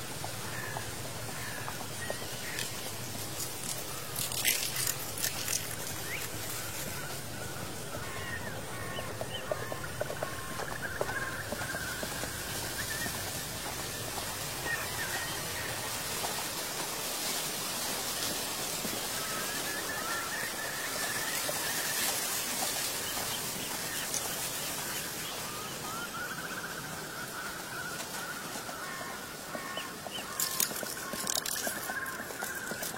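An autumn scene with a thick, steady rustling hiss of leaves running the whole time, scattered bird chirps from deep in the mountains, and soft clicks throughout. Long ringing tones, like a temple bell, hang in the air in several stretches.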